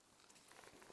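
A replacement windshield wiper blade with a plastic adapter is handled against the metal wiper arm hook of a BMW E36, on the way to being pushed on until it locks. Soft crinkling and rubbing plastic handling noises are heard, with faint taps near 0.3, 0.5 and 0.8 seconds. Nothing has seated or clicked yet.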